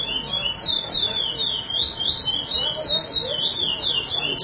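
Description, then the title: Chestnut-bellied seed finch delivering clear, fluty slurred whistles in a fast continuous stream, some notes swooping downward. "Canto De Curio"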